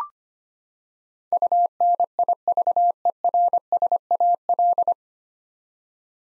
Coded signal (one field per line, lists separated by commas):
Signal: Morse code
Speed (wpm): 25 wpm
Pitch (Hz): 700 Hz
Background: none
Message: UNIVERSAL